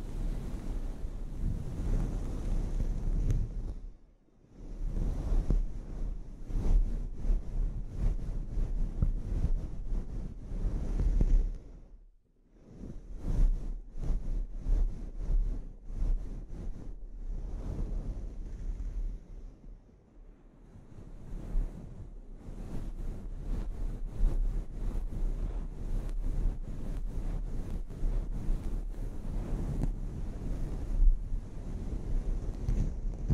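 A scalp treatment: dense, rough rubbing and rustling with a heavy low rumble, like fingers or a tool working against hair. The scratchy texture runs steadily with quick crackling strokes, broken by brief quiet pauses near 4, 12 and 20 seconds.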